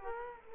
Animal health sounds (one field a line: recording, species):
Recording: mosquito wingbeat signal from an infrared sensor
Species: Culex quinquefasciatus